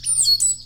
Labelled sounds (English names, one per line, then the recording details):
Stitchbird song
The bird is a male
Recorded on Tiritiri Matangi Island, New Zealand, in 2005
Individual 10, of nest box 12